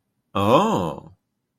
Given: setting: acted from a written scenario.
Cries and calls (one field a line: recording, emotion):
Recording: vocal sound without words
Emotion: realization